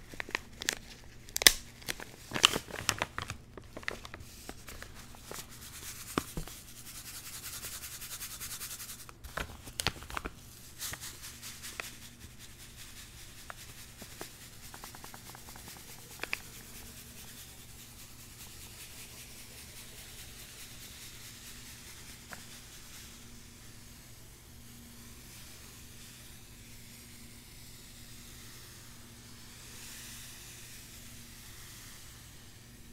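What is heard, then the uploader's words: A zen garden is unboxed with rubbing, crinkling and scraping handling sounds, busiest in the first ten seconds with sharp clatters near 2 and 9 seconds. After that the handling thins to occasional soft scrapes and taps over a steady low hum that runs throughout. ASMR Icnbuys Zen Garden Unboxing No Talking.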